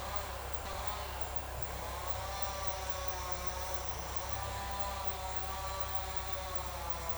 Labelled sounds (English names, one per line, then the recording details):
none
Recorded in dense forest near Puerto Asís, Putumayo, Colombia, on 21 February 2024 at 10:30
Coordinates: 0.487, -76.319
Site G6403